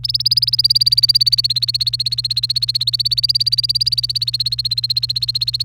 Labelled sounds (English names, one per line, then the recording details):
Domestic Canary song
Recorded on 28 April 2018 at 11:34
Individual llb3